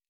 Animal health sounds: hydrophone in a shrimp aquaculture tank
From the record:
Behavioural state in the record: normal

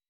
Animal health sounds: hydrophone in a shrimp aquaculture tank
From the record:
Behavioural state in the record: weakened

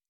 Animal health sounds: hydrophone in a shrimp aquaculture tank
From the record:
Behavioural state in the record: normal

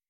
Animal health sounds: hydrophone in a shrimp aquaculture tank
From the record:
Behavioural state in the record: weakened

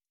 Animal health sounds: hydrophone in a shrimp aquaculture tank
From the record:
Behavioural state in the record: stressed

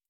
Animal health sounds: hydrophone in a shrimp aquaculture tank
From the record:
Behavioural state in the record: stressed

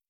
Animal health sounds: hydrophone in a shrimp aquaculture tank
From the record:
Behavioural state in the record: starved

